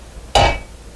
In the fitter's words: snaps right in there